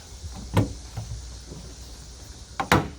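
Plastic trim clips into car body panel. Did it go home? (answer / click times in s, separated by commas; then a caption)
yes / 0.6 s, 2.6 s, 2.7 s. The remaining plastic trim panel clips are pressed home into the car body panel during a Tesla Model 3 tail light replacement, making sure every clip is seated so it won't rattle later. Sharp clicks are heard at 0.6, 2.6 and 2.7 seconds, the last the loudest, against a quiet background. All the clips click in and seat properly.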